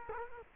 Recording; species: mosquito wingbeat signal from an infrared sensor; Culex quinquefasciatus